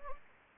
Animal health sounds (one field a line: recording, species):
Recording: mosquito wingbeat signal from an infrared sensor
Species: Anopheles gambiae